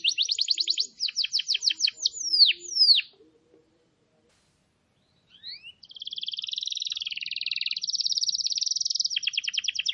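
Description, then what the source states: Canary song: quick descending whistled notes and trills, a pause of about two seconds, then a long fast buzzy trill held steadily. Lure recording (pikat) meant to attract birds.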